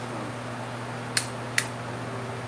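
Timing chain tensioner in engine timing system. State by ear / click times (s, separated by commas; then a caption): seated / 1.2 s, 1.6 s. A timing chain tensioner in the timing chain system of a 3.6 engine is pushed down until it snaps and locks. Two sharp clicks are heard at 1.2 s and 1.6 s over a steady low hum. The tensioner is now seated and locked.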